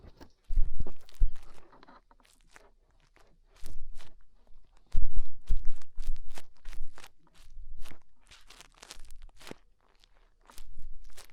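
Fingers rub and scrape inside an ear in irregular crunchy bursts, with short quiet gaps between busy stretches of crackling rustle and soft low thumps.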